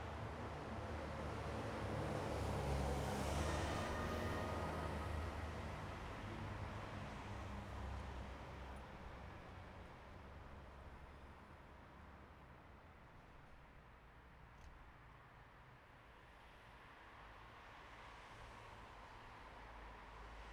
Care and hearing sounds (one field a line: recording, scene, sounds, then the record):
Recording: everyday scene through a hearing-aid microphone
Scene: in traffic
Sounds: traffic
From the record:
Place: bus stop on a city main road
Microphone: behind the ear, right, rear